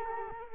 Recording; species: mosquito wingbeat signal from an infrared sensor; Culex quinquefasciatus